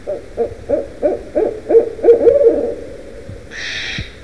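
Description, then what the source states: Barred Owl hooting in a quick, uneven series of several low hoots that run together, then a single harsh crow caw at the end. Barred owl heard with a crow.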